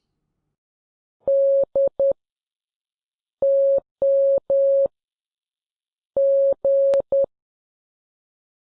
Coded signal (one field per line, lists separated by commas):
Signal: Morse code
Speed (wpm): 10 wpm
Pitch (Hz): 550 Hz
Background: none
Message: D TM G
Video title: Morse Code and The Titanic